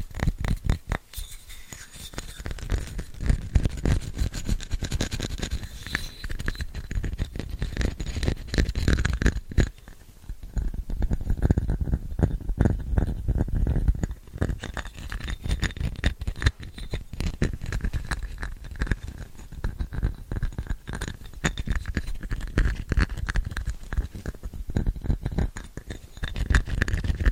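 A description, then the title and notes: Fast, scratchy tapping runs nearly nonstop, a dense stream of crisp clicks with a rough, papery edge. The rhythm is quick and uneven, easing briefly around ten seconds before picking up again. ASMR Fast & Scratchy Tapping (No Talking).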